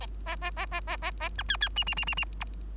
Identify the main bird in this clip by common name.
Bengalese Finch